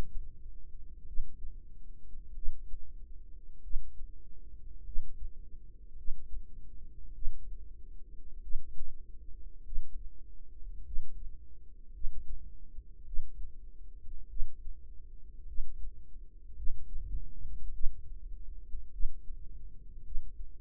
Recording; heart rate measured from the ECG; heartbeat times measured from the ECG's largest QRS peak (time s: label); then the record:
heart sounds by microphone in the right ear; 51 bpm
1.06 s: heartbeat
2.35 s: heartbeat
3.62 s: heartbeat
4.84 s: heartbeat
5.96 s: heartbeat
7.14 s: heartbeat
8.42 s: heartbeat
9.64 s: heartbeat
10.84 s: heartbeat
11.92 s: heartbeat
13.05 s: heartbeat
14.28 s: heartbeat
15.46 s: heartbeat
16.55 s: heartbeat
17.72 s: heartbeat
18.91 s: heartbeat
20.03 s: heartbeat
From the record:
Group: healthy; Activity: rest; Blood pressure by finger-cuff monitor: 95/56 mmHg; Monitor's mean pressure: 67 mmHg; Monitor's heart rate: 50 bpm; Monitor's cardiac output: 4.2 L/min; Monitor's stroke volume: 85 mL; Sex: female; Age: 36 years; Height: 163 cm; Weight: 88 kg